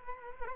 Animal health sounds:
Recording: mosquito wingbeat signal from an infrared sensor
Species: Culex quinquefasciatus

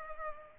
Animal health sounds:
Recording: mosquito wingbeat signal from an infrared sensor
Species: Culex pipiens

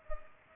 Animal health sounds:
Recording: mosquito wingbeat signal from an infrared sensor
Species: Culex pipiens

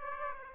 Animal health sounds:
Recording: mosquito wingbeat signal from an infrared sensor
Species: Aedes aegypti

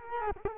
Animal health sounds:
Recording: mosquito wingbeat signal from an infrared sensor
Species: Culex quinquefasciatus

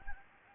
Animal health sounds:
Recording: mosquito wingbeat signal from an infrared sensor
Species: Anopheles gambiae

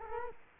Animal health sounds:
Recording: mosquito wingbeat signal from an infrared sensor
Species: Culex quinquefasciatus

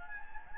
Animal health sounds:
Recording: mosquito wingbeat signal from an infrared sensor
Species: Anopheles gambiae

